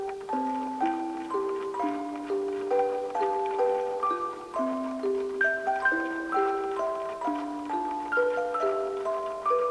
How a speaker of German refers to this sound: Und die Engel mit dem Glockenspiel da? Von der Kraft der Kerzen, der Flammen, der Liebe getrieben.